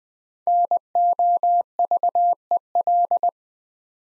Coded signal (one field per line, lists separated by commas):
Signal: Morse code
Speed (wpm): 20 wpm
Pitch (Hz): 700 Hz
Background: none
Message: NOVEL